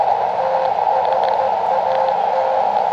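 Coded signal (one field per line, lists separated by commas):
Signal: Morse code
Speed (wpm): 16 wpm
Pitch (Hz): 530 Hz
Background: none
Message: THAT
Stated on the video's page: QRP portable operation on an Elecraft KX2 with two random wire antennas.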